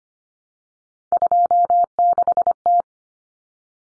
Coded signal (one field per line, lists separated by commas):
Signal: Morse code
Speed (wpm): 25 wpm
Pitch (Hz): 700 Hz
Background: none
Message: 26T